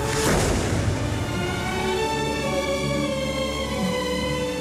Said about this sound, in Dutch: En na 2 maanden kondigt een kanonschot de aankomst van de keizer aan op Sint Helena.